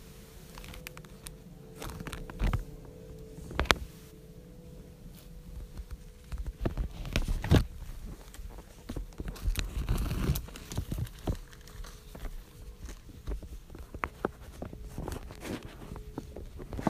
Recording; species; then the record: mosquito flight sound by mobile phone; Aedes sierrensis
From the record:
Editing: field recording with all noises